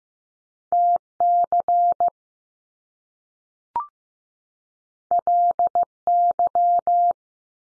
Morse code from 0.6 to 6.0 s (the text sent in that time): T C L